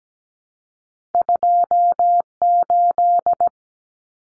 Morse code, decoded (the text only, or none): 28